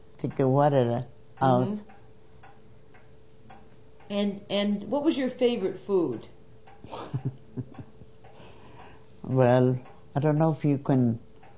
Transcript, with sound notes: take the water out.
And what was your favorite food?
( she laughs ) Well, I don't know if you can